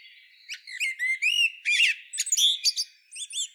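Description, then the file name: Common blackbird singing a run of short whistled and slurred notes that breaks into a high, scratchy twittering flourish, with brief gaps between notes. "Turdus merula"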